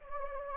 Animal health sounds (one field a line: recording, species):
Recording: mosquito wingbeat signal from an infrared sensor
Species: Anopheles gambiae